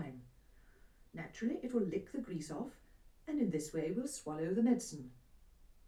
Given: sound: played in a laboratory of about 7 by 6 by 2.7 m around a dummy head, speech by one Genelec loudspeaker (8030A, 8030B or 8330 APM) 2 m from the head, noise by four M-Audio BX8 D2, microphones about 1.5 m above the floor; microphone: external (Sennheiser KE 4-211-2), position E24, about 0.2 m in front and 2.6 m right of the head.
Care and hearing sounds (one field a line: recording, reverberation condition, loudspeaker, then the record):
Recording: female speech in English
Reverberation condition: low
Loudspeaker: 150 degrees to the left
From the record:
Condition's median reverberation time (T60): about 310 ms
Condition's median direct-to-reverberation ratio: about 3.5 dB